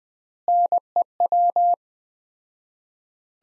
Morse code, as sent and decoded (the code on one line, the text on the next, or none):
-. . .--
NEW